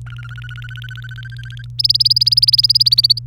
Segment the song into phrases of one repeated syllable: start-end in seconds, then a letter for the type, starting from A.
0.06-1.65 A, 1.79-3.19 B